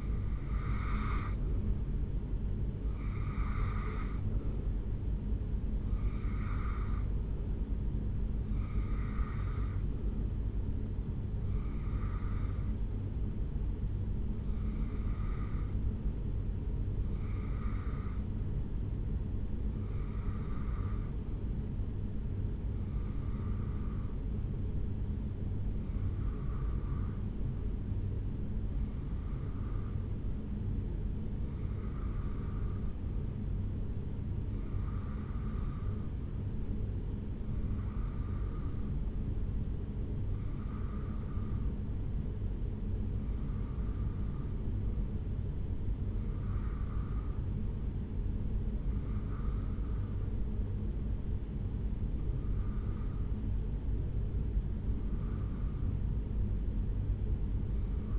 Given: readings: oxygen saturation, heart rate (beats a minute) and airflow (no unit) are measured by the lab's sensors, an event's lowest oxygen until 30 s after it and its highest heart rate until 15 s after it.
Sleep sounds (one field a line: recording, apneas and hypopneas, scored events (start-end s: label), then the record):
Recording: breathing in sleep by a smartphone at the bedside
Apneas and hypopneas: 1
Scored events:
16.00-49.60 s: hypopnea (REM, oxygen 90% highest, then 83% lowest, heart rate 67 at the start, 69 highest)
From the record:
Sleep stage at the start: REM sleep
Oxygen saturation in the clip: 86 to 90%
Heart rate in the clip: 62 to 74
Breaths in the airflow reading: 20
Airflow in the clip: -3.8 to 1.9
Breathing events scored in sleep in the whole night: 449 in 7.0 hours asleep